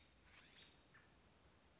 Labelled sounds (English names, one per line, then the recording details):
American Robin
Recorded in Sonoma County, California